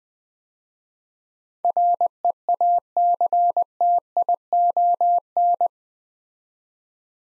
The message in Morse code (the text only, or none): REACTION